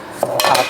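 The plastic wall mount on an EZVIZ H9C 5 MP 3K dual security camera is pushed and pops out of its seat, released from the camera body. Two sharp plastic clacks are heard at 0.2 s and 0.4 s, the second followed by a brief rattle.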